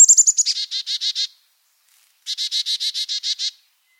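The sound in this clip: Carolina chickadee calling: a few high thin notes running into a quick series of harsh buzzy dee notes, then a second run of dee notes after a short pause.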